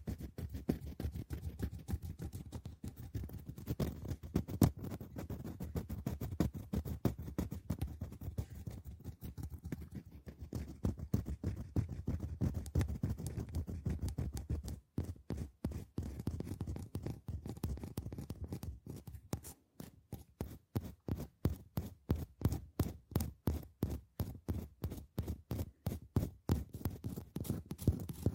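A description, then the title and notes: Dense scratching on a hollow surface, a continuous rasp at first, then breaking into quick regular strokes in the second half. TimASMR-Mini-Scratching on Boxes and Hollow Objects (NO TALKING).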